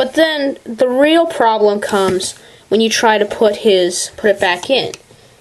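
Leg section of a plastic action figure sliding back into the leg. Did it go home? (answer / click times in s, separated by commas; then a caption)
no / none. Someone talks while handling the sliding leg section of a plastic Transformers DOTM Leader Class Ironhide action figure, which is about to be forced back into the leg. The part sticks and needs force, and a click on seating raises worry about breaking the toy, but nothing has seated or clicked yet in this clip.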